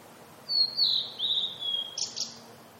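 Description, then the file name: Blue-and-white flycatcher singing one long, clear, high whistled phrase that wavers and slowly falls before ending in a brief burst of harsh, buzzy notes. "oruri"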